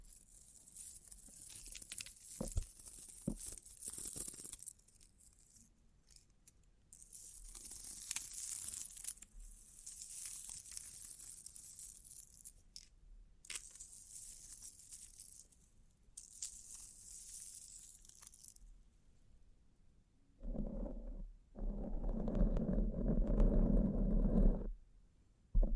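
Bling bling triggers: bursts of bright, crisp crinkling and tearing-like rustles come in patches, around 6–9, 13 and 16–18 seconds, with scattered taps and clicks between. Near the end a louder, lower rumbling rub takes over from about 20 to 25 seconds.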